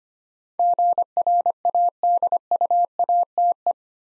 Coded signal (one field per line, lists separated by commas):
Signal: Morse code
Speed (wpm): 25 wpm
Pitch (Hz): 700 Hz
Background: none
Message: GRADUATE